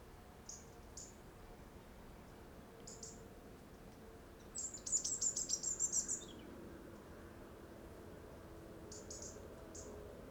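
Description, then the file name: European robin producing a rapid run of very high, thin ticking notes lasting about a second and a half, with scattered high chips before and after. "Erithacus rubecula"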